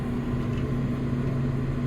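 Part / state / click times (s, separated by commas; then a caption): cable connector into a forecourt interface board header / not seated / none. A ridged cable connector is lined up by hand over the header on a forecourt interface board before being plugged back in. Only a steady low hum and faint handling noise are heard, with no distinct hits. Nothing has seated or clicked yet.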